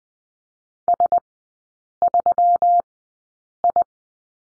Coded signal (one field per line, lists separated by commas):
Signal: Morse code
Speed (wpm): 20 wpm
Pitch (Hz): 700 Hz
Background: none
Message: S3I